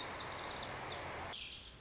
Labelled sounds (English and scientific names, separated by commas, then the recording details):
Lazuli Bunting (Passerina amoena)
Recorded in Sonoma County, California